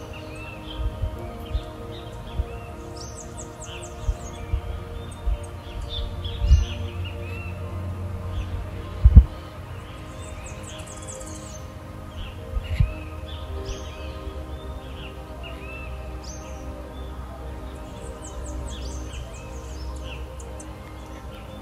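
Birdsong with soft, steady meditation music: a low humming drone and sustained tones run unchanged throughout. Bright chirps and short trills come and go every second or two over it, with a few soft low thumps near seconds 6, 9 and 13.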